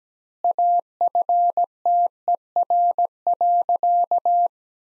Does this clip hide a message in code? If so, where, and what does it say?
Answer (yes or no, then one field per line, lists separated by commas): yes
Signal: Morse code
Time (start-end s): 0.4-4.5 s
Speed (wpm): 17 wpm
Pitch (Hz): 700 Hz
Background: none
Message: AFTER.